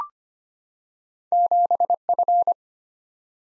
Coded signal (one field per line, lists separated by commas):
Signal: Morse code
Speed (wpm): 25 wpm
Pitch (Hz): 700 Hz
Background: none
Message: 7F